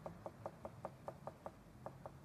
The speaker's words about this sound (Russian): Смотрящий на него следователь постукивает карандашом по столу.